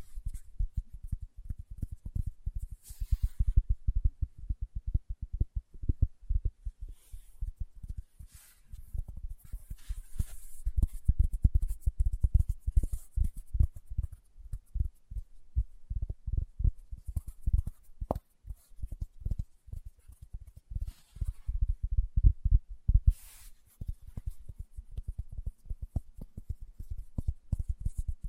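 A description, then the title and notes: Fingertips tap in quick, uneven bursts throughout, each tap a soft, low thump with little brightness. The tapping stays dense and continuous, with brief crisp rustles or brushing sounds around 3, 10, 17 and 23 seconds. ASMR Tapping with Fingertips (No Talking).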